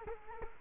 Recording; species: mosquito wingbeat signal from an infrared sensor; Culex quinquefasciatus